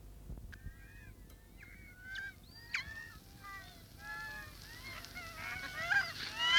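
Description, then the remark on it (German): A flock of seagulls calling over and over, with harsh overlapping cries and squawks rising and falling in pitch, growing denser and louder toward the end against a low background rumble. “Ich hasse die Möwen”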